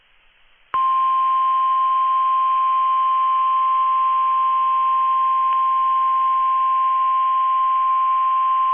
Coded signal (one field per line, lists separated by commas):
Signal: Emergency Alert System (SAME) tones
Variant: 1050 Hz attention tone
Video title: WXR Weekly Tests (EAS #880-#889)